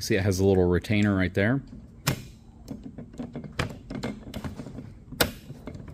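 Someone talks at the start while fitting the removable handle onto a Trailer Valet JX powered trailer dolly jack, where a small retainer holds it. Sharp knocks follow at about 2.1 and 3.6 seconds, with softer taps around 4.0 to 4.4 seconds. The strongest hit at 5.2 seconds is the handle locking into place.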